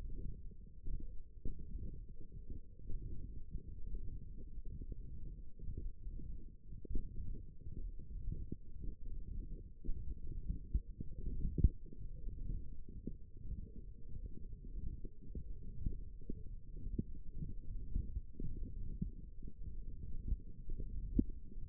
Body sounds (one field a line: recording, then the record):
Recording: forearm muscle sounds (acoustic myography)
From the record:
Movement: hand closing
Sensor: system 1, eight BSWA MPA416 microphones around the upper forearm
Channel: 3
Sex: female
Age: 21 years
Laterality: right